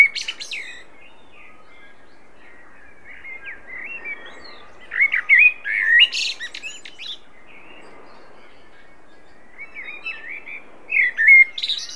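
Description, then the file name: Common blackbird song: brief phrases at the start, middle and end, mellow whistles topped with sharp, high twittering notes, quiet between them. "Turdus merula"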